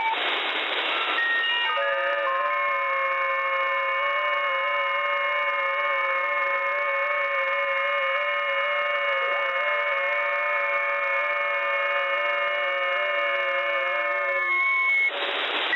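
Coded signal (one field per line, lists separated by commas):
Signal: FT8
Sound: many faint overlapping warbling tones for about 13 seconds, then hiss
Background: radio static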